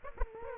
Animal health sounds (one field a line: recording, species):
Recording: mosquito wingbeat signal from an infrared sensor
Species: Aedes aegypti